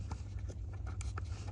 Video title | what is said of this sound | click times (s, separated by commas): CORVETTE C8 PDR (PERFORMANCE DATA RECORDER) EXPLAINED! | slips right in there and then just push it till it clicks and there now the card's installed | 1.0 s, 1.2 s